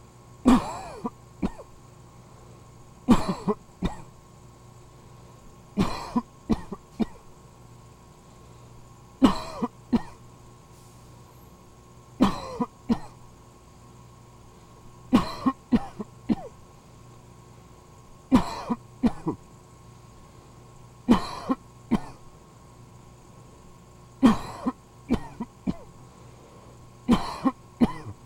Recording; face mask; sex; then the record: voluntary coughing; surgical mask; male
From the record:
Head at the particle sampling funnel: tilted down, bridge of the nose in front of it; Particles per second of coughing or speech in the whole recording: 8.47